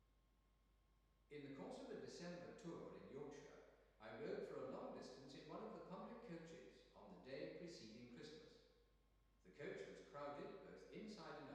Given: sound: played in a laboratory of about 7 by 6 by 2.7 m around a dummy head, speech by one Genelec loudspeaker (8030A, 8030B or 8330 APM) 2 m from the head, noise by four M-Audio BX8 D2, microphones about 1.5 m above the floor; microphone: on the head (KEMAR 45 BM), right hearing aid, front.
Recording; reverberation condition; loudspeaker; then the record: male speech in English; high; 30 degrees to the left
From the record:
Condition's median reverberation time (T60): about 1300 ms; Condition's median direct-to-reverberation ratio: about -4.0 dB